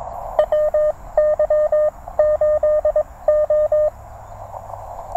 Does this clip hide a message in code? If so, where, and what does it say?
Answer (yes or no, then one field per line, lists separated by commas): yes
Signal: Morse code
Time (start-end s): 0.4-3.9 s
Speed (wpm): 21 wpm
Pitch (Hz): 610 Hz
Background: none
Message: WY8O